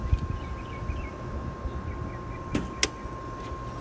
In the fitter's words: so once you hear that pop you're ready to go